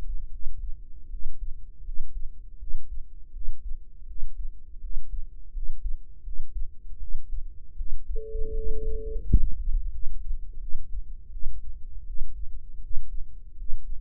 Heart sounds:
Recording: heart sounds by microphone in the right ear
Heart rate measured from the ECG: 81 bpm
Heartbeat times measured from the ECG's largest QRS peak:
0.29 s: heartbeat
1.08 s: heartbeat
1.82 s: heartbeat
2.57 s: heartbeat
3.31 s: heartbeat
4.05 s: heartbeat
4.79 s: heartbeat
5.51 s: heartbeat
6.22 s: heartbeat
6.98 s: heartbeat
7.75 s: heartbeat
8.53 s: heartbeat
9.25 s: heartbeat
9.90 s: heartbeat
10.59 s: heartbeat
11.30 s: heartbeat
12.05 s: heartbeat
12.81 s: heartbeat
13.56 s: heartbeat
From the record:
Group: healthy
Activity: rest 0-11 s, Valsalva maneuver 11-14 s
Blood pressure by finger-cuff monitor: 95/57 mmHg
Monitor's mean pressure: 70 mmHg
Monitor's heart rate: 80 bpm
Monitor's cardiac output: 7.3 L/min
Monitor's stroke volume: 90 mL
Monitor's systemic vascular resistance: 700 dyn s/cm5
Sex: female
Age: 19 years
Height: 163 cm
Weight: 48.9 kg

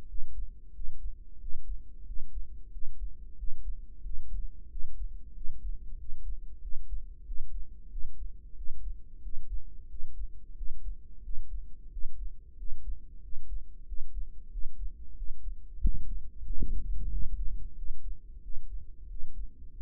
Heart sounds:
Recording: heart sounds by microphone in the right ear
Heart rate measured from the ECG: 92 bpm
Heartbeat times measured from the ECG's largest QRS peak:
0.09 s: heartbeat
0.74 s: heartbeat
1.41 s: heartbeat
2.07 s: heartbeat
2.72 s: heartbeat
3.38 s: heartbeat
4.04 s: heartbeat
4.70 s: heartbeat
5.35 s: heartbeat
5.99 s: heartbeat
6.62 s: heartbeat
7.26 s: heartbeat
7.91 s: heartbeat
8.56 s: heartbeat
9.23 s: heartbeat
9.90 s: heartbeat
10.56 s: heartbeat
11.24 s: heartbeat
11.92 s: heartbeat
12.58 s: heartbeat
13.23 s: heartbeat
13.87 s: heartbeat
14.52 s: heartbeat
15.17 s: heartbeat
15.82 s: heartbeat
16.46 s: heartbeat
17.11 s: heartbeat
17.77 s: heartbeat
18.43 s: heartbeat
19.10 s: heartbeat
19.75 s: heartbeat
From the record:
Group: healthy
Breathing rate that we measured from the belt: 17 breaths a minute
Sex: male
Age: 21 years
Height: 175 cm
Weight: 72.6 kg

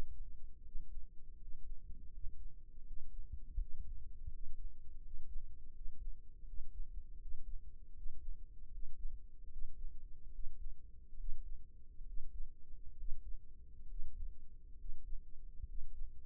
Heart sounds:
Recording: heart sounds by microphone in the right ear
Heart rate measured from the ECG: 76 bpm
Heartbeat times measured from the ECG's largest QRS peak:
0.60 s: heartbeat
1.35 s: heartbeat
2.09 s: heartbeat
2.82 s: heartbeat
3.56 s: heartbeat
4.28 s: heartbeat
4.99 s: heartbeat
5.71 s: heartbeat
6.44 s: heartbeat
7.17 s: heartbeat
7.93 s: heartbeat
8.69 s: heartbeat
9.49 s: heartbeat
10.31 s: heartbeat
11.16 s: heartbeat
12.04 s: heartbeat
12.96 s: heartbeat
13.87 s: heartbeat
14.76 s: heartbeat
15.65 s: heartbeat
From the record:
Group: healthy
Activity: breath hold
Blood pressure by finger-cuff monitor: 120/62 mmHg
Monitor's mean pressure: 77 mmHg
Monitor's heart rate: 79 bpm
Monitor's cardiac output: 7.1 L/min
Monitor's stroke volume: 88 mL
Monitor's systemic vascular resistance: 760 dyn s/cm5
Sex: male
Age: 22 years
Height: 181 cm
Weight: 79 kg

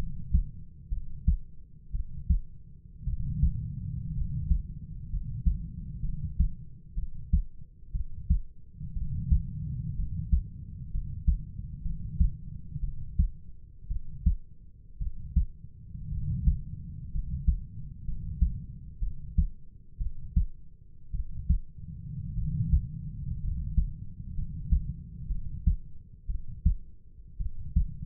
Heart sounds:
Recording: heart sounds by stethoscope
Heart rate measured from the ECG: 59 bpm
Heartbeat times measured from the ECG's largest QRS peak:
0.90 s: heartbeat
1.92 s: heartbeat
3.05 s: heartbeat
4.15 s: heartbeat
5.10 s: heartbeat
6.02 s: heartbeat
6.95 s: heartbeat
7.92 s: heartbeat
8.94 s: heartbeat
9.96 s: heartbeat
10.91 s: heartbeat
11.83 s: heartbeat
12.81 s: heartbeat
13.88 s: heartbeat
14.99 s: heartbeat
16.10 s: heartbeat
17.12 s: heartbeat
18.05 s: heartbeat
19.00 s: heartbeat
19.98 s: heartbeat
21.12 s: heartbeat
22.35 s: heartbeat
23.41 s: heartbeat
24.35 s: heartbeat
25.28 s: heartbeat
26.27 s: heartbeat
27.38 s: heartbeat
From the record:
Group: healthy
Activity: cold pressor test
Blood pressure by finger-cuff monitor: 106/60 mmHg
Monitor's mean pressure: 73 mmHg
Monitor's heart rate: 61 bpm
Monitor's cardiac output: 5.2 L/min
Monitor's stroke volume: 85 mL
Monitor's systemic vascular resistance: 1000 dyn s/cm5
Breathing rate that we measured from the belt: 10 breaths a minute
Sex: male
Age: 25 years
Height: 170 cm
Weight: 70.4 kg

